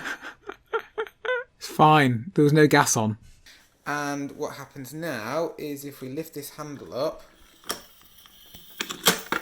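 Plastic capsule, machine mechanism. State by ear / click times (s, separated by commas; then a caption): released / 9.1 s. Someone talks, with a few short taps early on, then lifts the handle of a Lavazza Modo Mio pod coffee machine. The used plastic coffee capsule is released from the brew chamber and drops into the collection container with a click at 9.1 s.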